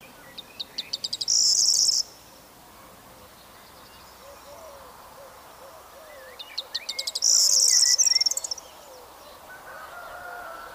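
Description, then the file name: Corn bunting song, two phrases about six seconds apart, each a speeding run of ticking notes ending in a high, jangling, glassy rattle; faint lower chirps between them. "Stuart Fisher - Prosyanka Emberiza calandra"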